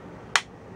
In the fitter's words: Now that it went, it clicked in.